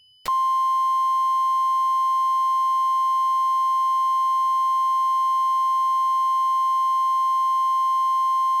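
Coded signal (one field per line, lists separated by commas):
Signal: Emergency Alert System (SAME) tones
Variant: 1050 Hz attention tone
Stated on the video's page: Mock "angry" EAS alert, not a real broadcast; the tones are stated to be valid.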